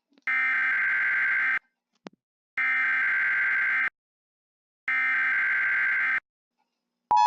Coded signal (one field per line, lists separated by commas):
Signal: Emergency Alert System (SAME) tones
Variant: header bursts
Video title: EAS Scenario #1 - East Coast Earthquake Pt 1